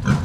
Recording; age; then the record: pig call; growing-finishing pig (85 days or more)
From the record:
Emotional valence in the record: positive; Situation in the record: run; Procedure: transit